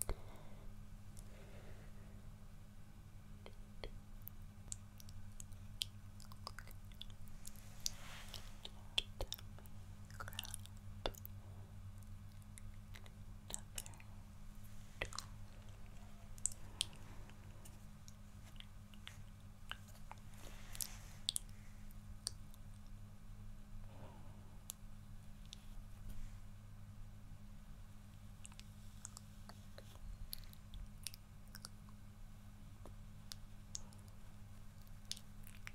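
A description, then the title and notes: Soft mouth sounds: wet clicks, smacks and squishy chewing noises come in irregular bursts every second or two through the whole stretch. Underneath runs a steady low hum, with frequent crisp ticks and a few brighter smacks near eight, twenty and twenty-three seconds. Soft Mouth Sounds.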